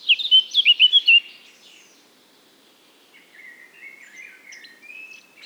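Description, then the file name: Eurasian blackcap giving a quick run of loud, clear whistled notes, followed after a pause by a soft, thin twittering warble. "Sylvia atricapilla"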